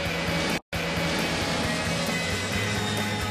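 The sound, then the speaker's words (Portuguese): An airplane flies past in a steady, loud engine roar with a low droning hum underneath, broken by a brief silent cut near the start. No one speaks. “anote quantas vezes você ouve passar o avião do Estádio 97”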